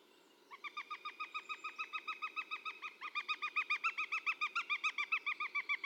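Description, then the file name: Northern goshawk giving a fast, steady series of loud, harsh kek notes, growing slightly stronger towards the end. "autour"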